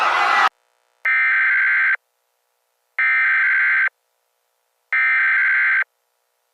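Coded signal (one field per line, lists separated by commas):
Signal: Emergency Alert System (SAME) tones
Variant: header bursts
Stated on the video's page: Fictional EAS scenario episodes; the alert tones are part of simulated, made-up emergencies.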